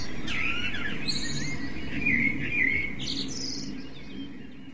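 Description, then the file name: Eurasian blackbird gives a gentle, rolling warbled phrase with faint high squeaks, fairly subdued, with low background noise fading toward the end. "merle"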